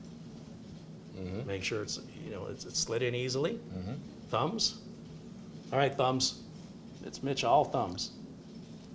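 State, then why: Not seated. A second DDR5 RAM stick is being handled with the thumbs and lined up for a motherboard DIMM slot. Mostly a man talks over faint background hiss, with no distinct mechanical sounds. The stick has not yet been pressed home, and nothing has seated or clicked.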